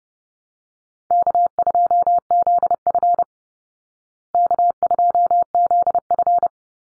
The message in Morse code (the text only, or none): K2ZF K2ZF